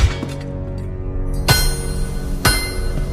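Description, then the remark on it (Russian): A blacksmith's large, rough hand taps a hammer on fragments of Kylo Ren's broken mask on a workbench, straightening one fragment, with three sharp, ringing strikes spaced about a second apart. Each hit leaves a bright metallic ring that lingers between blows. No one speaks. “Большая грубая рука с обломанными ногтями выправляет один из фрагментов, постукивая по нему молотком.”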